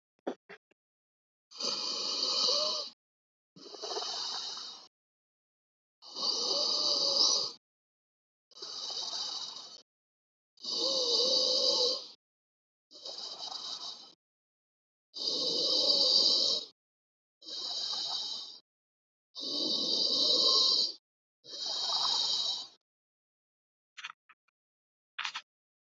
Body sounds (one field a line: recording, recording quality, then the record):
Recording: deep breathing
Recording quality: excellent, no background noise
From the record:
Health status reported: healthy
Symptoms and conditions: none ticked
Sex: male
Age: 31 years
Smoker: not ticked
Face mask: not worn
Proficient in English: yes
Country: India